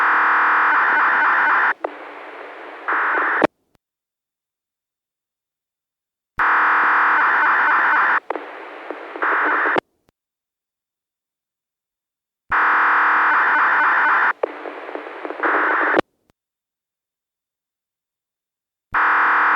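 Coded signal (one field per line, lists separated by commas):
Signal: radio ID data burst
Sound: three identical buzzy data bursts, each a steady chord then choppy warble, separated by silence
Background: radio static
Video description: 別海町の子局はアンサーバック付きなので、放送終了時に各子局からのアンサーバック音が受信されました！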